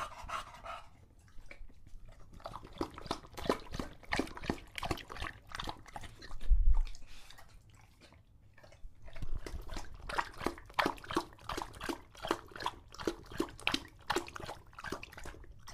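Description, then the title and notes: English Bulldog drinking with fast wet lapping, a heavier low sound in the middle, then steady lapping. Male English Bulldog named Lucho drinking from a water bowl after a long walk; out of breath, heavy breathing in between drinks, drinks for a long time. "English Bulldog Drinks from Water Bowl - Weird Sounds. listen to Lucho the English Bulldog as he tries to drink water after a long walk. Don't let his heavy breathing fool you in between drinks"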